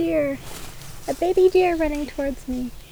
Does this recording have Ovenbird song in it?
no